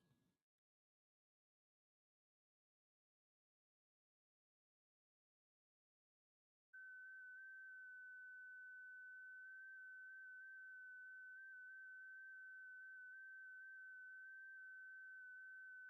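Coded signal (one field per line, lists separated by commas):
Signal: FT8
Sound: brief rustle, about six seconds of silence, then a steady slightly warbling single tone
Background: faint hiss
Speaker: WV3V Jason here doing a little live streaming of some FT8. It's kind of like uh watching paint dry, but hey, nonetheless, we are playing amateur radio. So, we're down on uh 17 meters. Seeing if we can make some contacts.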